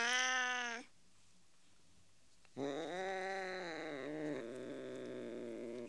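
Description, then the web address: Cat giving a short meow followed, after a pause, by a long, wavering plaintive meow. "The BBC Sound Effects Library. Cat"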